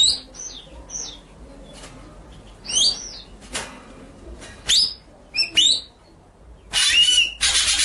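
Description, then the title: White-rumped shama song: scattered sweet whistled phrases, some rising and falling, broken by sharp harsh bursts and ending in a loud scratchy rasp. Masteran (training) track of full song featuring the 'ngerol' rolling and 'nembak' shooting song styles. "Masteran Murai Batu Full Ngerol Nembak"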